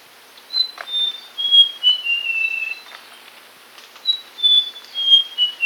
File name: Orth Nova